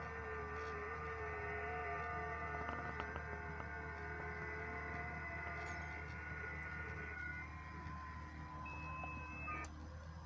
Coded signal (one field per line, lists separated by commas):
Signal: FT8